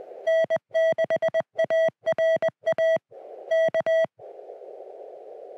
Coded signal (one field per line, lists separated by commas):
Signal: Morse code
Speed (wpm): 21 wpm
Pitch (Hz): 650 Hz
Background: music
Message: N6ARA K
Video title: The New CFT-1 Field Radio: SOTA Activation and Hands-on Impressions